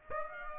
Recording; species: mosquito wingbeat signal from an infrared sensor; Aedes aegypti